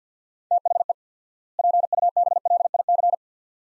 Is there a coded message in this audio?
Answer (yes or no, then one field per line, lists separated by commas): yes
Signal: Morse code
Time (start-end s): 0.5-3.1 s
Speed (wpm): 50 wpm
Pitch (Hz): 700 Hz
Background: none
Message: THE PUBLIC